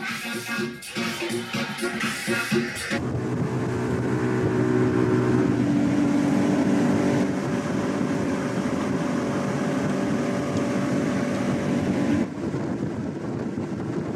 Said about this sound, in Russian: Плывут на катере.